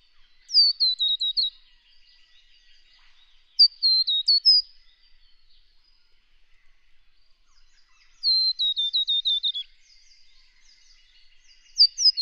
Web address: songs Scarlet Honeyeater